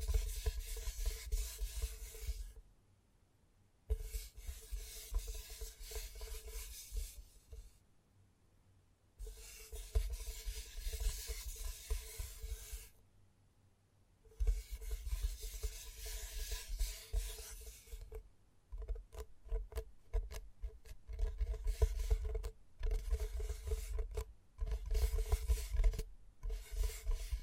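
Gentle ASMR sounds come in scratchy rubbing bursts separated by short silences, turning to quicker, choppy stop-start taps over the final third.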